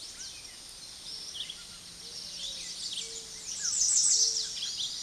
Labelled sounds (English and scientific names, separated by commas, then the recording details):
American Redstart (Setophaga ruticilla) song
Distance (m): 10 m
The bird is about level with the microphone
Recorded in a Pennsylvania forest on 16 May 2024 at 06:12
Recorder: AudioMoth, point MSD-2027
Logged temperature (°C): 15.6 °C
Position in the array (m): 111 m, 226 m